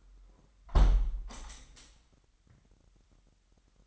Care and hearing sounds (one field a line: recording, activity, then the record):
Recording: daily activity, microphone in the room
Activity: close window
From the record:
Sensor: 3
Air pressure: 997.9 hPa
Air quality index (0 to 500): 136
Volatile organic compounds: 4 ppm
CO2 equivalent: 1618 ppm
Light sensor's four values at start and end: 14/41/17/15 and 14/42/17/15